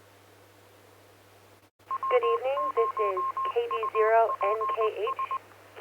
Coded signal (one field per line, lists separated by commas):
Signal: Morse code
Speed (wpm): 20 wpm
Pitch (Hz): 1060 Hz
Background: speech, radio noise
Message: W0UPS